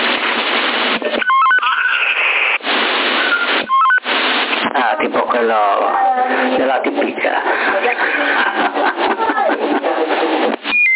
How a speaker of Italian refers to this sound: No, è semplicemente, in realtà non è un bip, è un cinquettoni, capito? Quello che usano per mandare la sigla dalla radio.